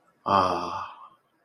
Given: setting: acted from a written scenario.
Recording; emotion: vocal sound without words; serenity